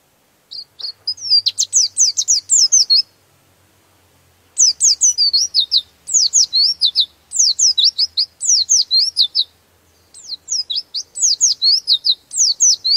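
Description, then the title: White-eye song, long runs of sharp high chattering notes sweeping downward, delivered in repeated phrases with brief gaps. "Pleci"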